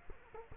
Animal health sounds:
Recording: mosquito wingbeat signal from an infrared sensor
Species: Culex quinquefasciatus

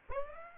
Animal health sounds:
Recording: mosquito wingbeat signal from an infrared sensor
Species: Aedes aegypti

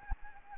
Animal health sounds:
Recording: mosquito wingbeat signal from an infrared sensor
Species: Anopheles gambiae

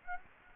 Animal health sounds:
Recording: mosquito wingbeat signal from an infrared sensor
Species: Aedes aegypti

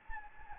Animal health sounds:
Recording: mosquito wingbeat signal from an infrared sensor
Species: Anopheles gambiae

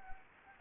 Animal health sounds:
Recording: mosquito wingbeat signal from an infrared sensor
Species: Anopheles gambiae

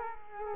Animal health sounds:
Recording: mosquito wingbeat signal from an infrared sensor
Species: Culex quinquefasciatus

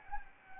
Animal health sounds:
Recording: mosquito wingbeat signal from an infrared sensor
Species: Anopheles gambiae

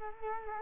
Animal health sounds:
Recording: mosquito wingbeat signal from an infrared sensor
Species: Culex quinquefasciatus

